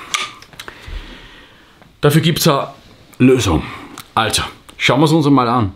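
While a Steambow Stinger 2 pistol crossbow is being cocked, its latched magazine lid springs open by itself, a fault customers report, with a sharp pop at 0.2 s followed by a few lighter clicks. After a quiet pause, someone talks.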